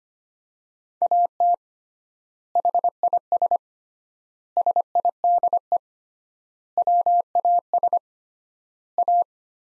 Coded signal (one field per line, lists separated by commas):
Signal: Morse code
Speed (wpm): 25 wpm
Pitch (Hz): 700 Hz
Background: none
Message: AT HIS SIDE WAS A